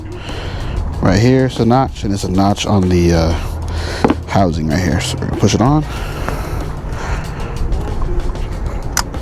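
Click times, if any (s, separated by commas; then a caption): 9.0 s. Someone talks while lining up the notch on the upper radiator hose of a 2017 Hyundai Elantra with the notch on the plastic housing, then pushes the hose's quick-connect onto it. A sharp click sounds at 9.0 s as the quick-connect snaps on, and the hose is seated.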